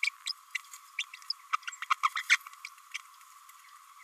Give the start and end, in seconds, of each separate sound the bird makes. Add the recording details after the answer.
0.03-0.09, 0.26-0.32, 0.98-1.03, 1.30-1.32, 1.53-1.56, 1.82-1.85, 1.90-1.95, 2.03-2.09, 2.15-2.23, 2.29-2.38, 2.94-2.98. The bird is a female. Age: 27 days. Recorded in a nest box in Venezuela. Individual 17B32A5